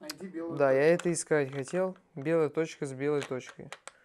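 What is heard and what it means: Someone talks while a bayonet-mounted accessory is handled over a Godox LC500R mini LED light stick, with its white dot being lined up to the white dot before it drops into the bayonet slots. Only speech is heard, and nothing has seated or clicked yet.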